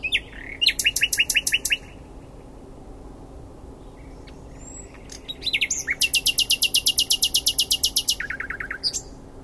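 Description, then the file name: Common nightingale with a brisk run of repeated two-part notes, a short gap with soft chirps, then a long, fast trill of even, rattling notes. "Luscinia megarhynchos"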